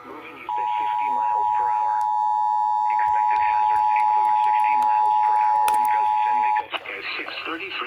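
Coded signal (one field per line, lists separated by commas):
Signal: Emergency Alert System (SAME) tones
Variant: 853 and 960 Hz attention tone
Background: speech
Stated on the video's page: Severe Thunderstorm Warnings and a Tornado Warning in Indianapolis received on FM radio.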